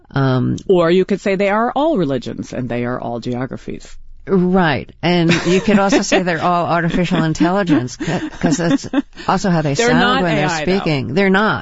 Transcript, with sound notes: Or you could say they are all religions, and they are all geographies.
Right.
(Laughter).
And you could also say they're all artificial intelligence because that's also how they sound when they're speaking.